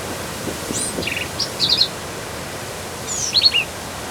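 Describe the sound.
Black-capped vireo song: two short phrases of quick, harsh chattering notes mixed with thin high squeaks, over steady background hiss.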